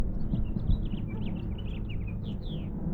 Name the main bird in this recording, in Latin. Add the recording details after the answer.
Haemorhous mexicanus. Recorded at Point Lookout on Long Island, New York, on 2 June 1975. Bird A